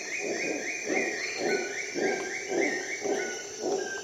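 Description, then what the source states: Howler monkey giving a rhythmic series of hoarse roaring pulses about twice a second, over a constant high-pitched insect buzz and faint whistled bird notes. At dawn in the jungle of Costa Rica, during an expedition.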